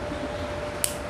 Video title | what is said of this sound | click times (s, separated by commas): Vlog #64 Murang vlogging Mic / BM 800 Condenser Microphone Lazada Review | nag-lock na siya. | 0.8 s